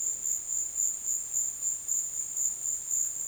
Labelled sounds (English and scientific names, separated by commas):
none